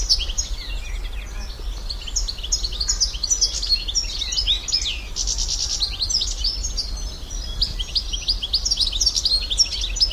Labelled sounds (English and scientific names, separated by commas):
European Goldfinch (Carduelis carduelis) song